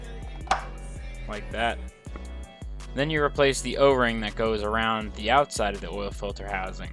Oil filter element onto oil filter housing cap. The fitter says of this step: your new filter and squeeze it on it clicks in place like that